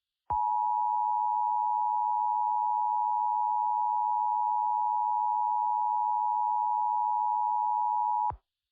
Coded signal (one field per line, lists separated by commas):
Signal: Emergency Alert System (SAME) tones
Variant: 853 and 960 Hz attention tone